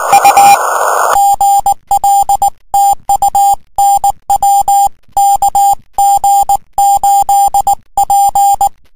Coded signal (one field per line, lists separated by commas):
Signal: Morse code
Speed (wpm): 19 wpm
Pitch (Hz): 800 Hz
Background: none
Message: U GL TUNW KG8P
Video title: HF-CW-28.017MHZ,18-10-2011,W4BP,W5MPC,K2OF,KG8P,W1CSM,KA1ERL.wmv